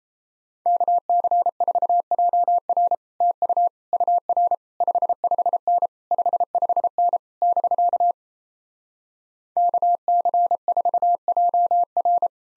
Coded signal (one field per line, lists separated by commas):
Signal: Morse code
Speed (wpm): 38 wpm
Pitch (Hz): 700 Hz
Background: none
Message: KC4JR TU UR 55N 55N <BK> KC4JR